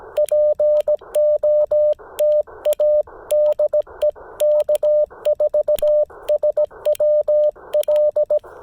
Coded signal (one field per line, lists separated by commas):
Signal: Morse code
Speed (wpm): 17 wpm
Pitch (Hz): 600 Hz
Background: none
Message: POTA DE K4SWL